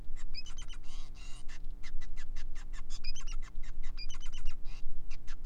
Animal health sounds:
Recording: song of a male Bengalese finch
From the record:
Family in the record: son of father 5

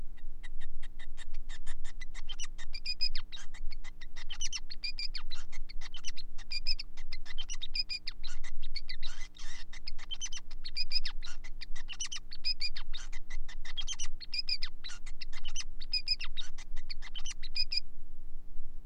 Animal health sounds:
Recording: song of a male Bengalese finch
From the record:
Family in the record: son of father 5

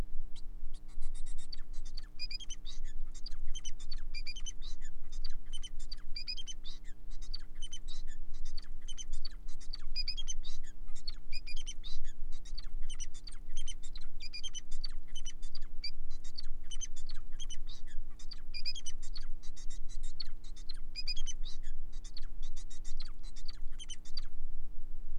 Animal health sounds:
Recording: song of a male Bengalese finch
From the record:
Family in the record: son of father 4

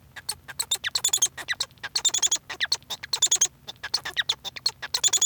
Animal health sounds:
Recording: song of a male Bengalese finch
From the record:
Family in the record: son of father 1

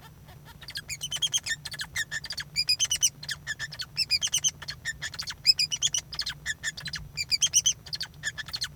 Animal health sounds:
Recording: song of a male Bengalese finch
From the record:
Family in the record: son of father 2

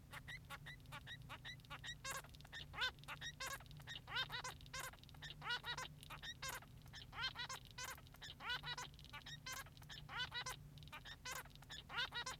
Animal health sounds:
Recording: song of a male Bengalese finch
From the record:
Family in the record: son of father 3

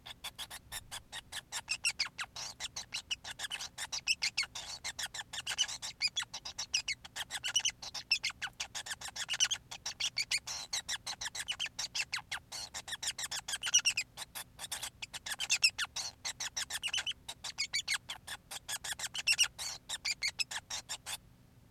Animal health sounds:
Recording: song of a male Bengalese finch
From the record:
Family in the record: son of father 5

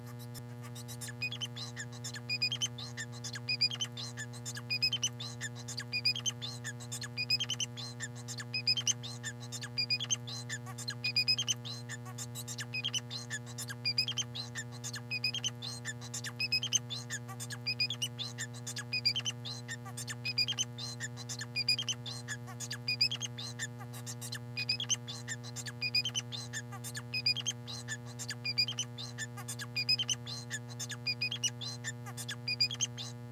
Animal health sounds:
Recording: song of a male Bengalese finch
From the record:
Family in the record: son of father 4

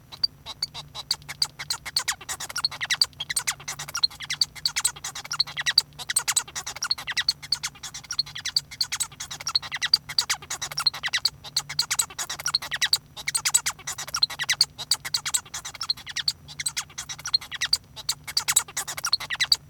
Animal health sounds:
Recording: song of a male Bengalese finch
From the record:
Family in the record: son of father 1

